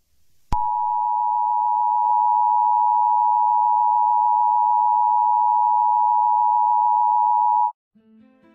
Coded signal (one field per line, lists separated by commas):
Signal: Emergency Alert System (SAME) tones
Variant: 853 and 960 Hz attention tone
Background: speech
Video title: Humanity Coalition EAS Found Footage 5-8-30.